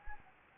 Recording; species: mosquito wingbeat signal from an infrared sensor; Anopheles gambiae